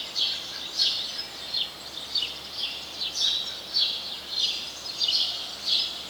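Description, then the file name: House sparrow sounding repeated sharp chirps, roughly every half second, with steady background noise. "Passer domesticus"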